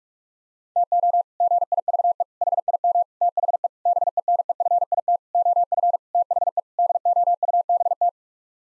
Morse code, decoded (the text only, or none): TO GIVE HIM THE BENEFIT OF THE DOUBT